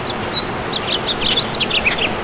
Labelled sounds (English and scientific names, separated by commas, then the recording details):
House Finch (Haemorhous mexicanus) song
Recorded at Great River on Long Island, New York, on 19 June 2013
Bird A